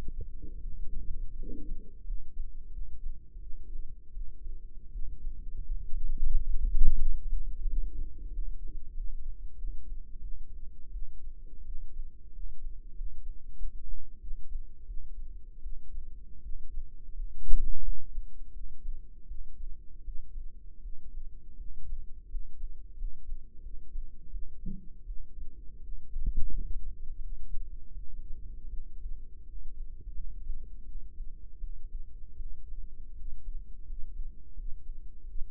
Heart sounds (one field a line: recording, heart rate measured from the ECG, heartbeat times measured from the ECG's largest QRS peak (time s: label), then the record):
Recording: heart sounds by microphone in the right ear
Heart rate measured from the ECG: 85 bpm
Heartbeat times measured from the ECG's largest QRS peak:
0.58 s: heartbeat
1.34 s: heartbeat
2.02 s: heartbeat
2.68 s: heartbeat
3.37 s: heartbeat
4.12 s: heartbeat
4.90 s: heartbeat
5.61 s: heartbeat
6.30 s: heartbeat
6.97 s: heartbeat
7.64 s: heartbeat
8.29 s: heartbeat
8.92 s: heartbeat
9.54 s: heartbeat
10.20 s: heartbeat
10.90 s: heartbeat
11.63 s: heartbeat
12.30 s: heartbeat
12.93 s: heartbeat
13.55 s: heartbeat
14.18 s: heartbeat
14.85 s: heartbeat
15.60 s: heartbeat
16.40 s: heartbeat
17.12 s: heartbeat
17.80 s: heartbeat
18.51 s: heartbeat
19.26 s: heartbeat
20.03 s: heartbeat
20.80 s: heartbeat
21.55 s: heartbeat
22.27 s: heartbeat
22.94 s: heartbeat
23.60 s: heartbeat
24.29 s: heartbeat
25.04 s: heartbeat
25.79 s: heartbeat
26.49 s: heartbeat
27.19 s: heartbeat
27.93 s: heartbeat
28.68 s: heartbeat
29.43 s: heartbeat
30.12 s: heartbeat
30.83 s: heartbeat
31.57 s: heartbeat
32.34 s: heartbeat
33.11 s: heartbeat
33.82 s: heartbeat
34.52 s: heartbeat
35.21 s: heartbeat
From the record:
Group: healthy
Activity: cold pressor test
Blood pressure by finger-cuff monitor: 123/85 mmHg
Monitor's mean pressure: 98 mmHg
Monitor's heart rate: 82 bpm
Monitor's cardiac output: 6.3 L/min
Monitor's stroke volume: 76 mL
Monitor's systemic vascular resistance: 1140 dyn s/cm5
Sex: male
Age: 21 years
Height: 180 cm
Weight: 67.5 kg